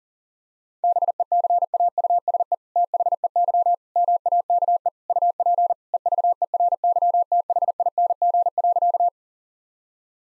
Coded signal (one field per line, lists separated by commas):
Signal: Morse code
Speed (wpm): 40 wpm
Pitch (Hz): 700 Hz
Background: none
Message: BECAUSE THEY MAKE UP EVERYTHING.